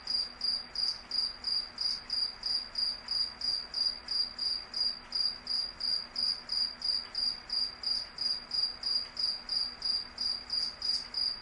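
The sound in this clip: Cricket chirping in a steady, high-pitched rhythm, about three short trilled pulses each second, repeated without pause over a faint low hum.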